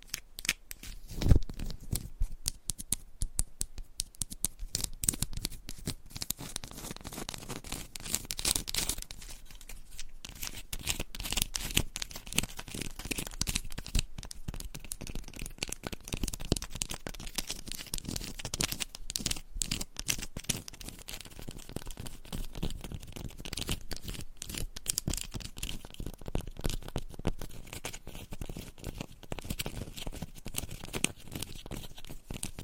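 Scratching and tapping on textured candles, a dense, crackly stream of short dry scrapes and clicks that runs without pause for the whole stretch. The texture stays bright and papery, with a sharper tap near the start and louder bursts around 8 to 12 seconds.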